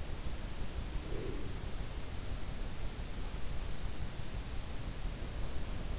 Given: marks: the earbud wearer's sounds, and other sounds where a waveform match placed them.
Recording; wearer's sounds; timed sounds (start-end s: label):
sounds in sleep by an in-ear microphone; breath
1.13-1.62 s: breath